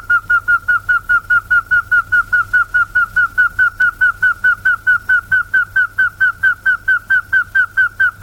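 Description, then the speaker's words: Rail giving a repeated, slightly slurred whistled note, steady and regular, a little over two notes per second. South American rail calling after warming up; belongs to a group known for long calls. "それでは南米のクイナはどうでしょう。ウォーミングアップをして鳴いております。"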